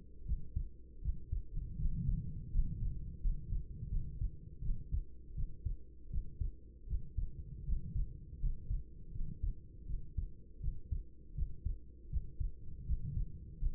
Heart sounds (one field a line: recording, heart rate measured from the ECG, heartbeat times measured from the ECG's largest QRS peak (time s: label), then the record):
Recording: heart sounds by stethoscope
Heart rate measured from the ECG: 81 bpm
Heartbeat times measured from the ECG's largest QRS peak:
0.24 s: heartbeat
1.01 s: heartbeat
1.76 s: heartbeat
2.50 s: heartbeat
3.20 s: heartbeat
3.88 s: heartbeat
4.61 s: heartbeat
5.33 s: heartbeat
6.09 s: heartbeat
6.86 s: heartbeat
7.63 s: heartbeat
8.38 s: heartbeat
9.11 s: heartbeat
9.85 s: heartbeat
10.59 s: heartbeat
11.33 s: heartbeat
12.08 s: heartbeat
12.84 s: heartbeat
13.57 s: heartbeat
From the record:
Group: healthy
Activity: rest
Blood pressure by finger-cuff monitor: 93/52 mmHg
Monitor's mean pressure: 65 mmHg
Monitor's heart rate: 81 bpm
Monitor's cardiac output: 7 L/min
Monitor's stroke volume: 86 mL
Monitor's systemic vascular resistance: 660 dyn s/cm5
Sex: female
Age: 26 years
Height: 165 cm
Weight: 55 kg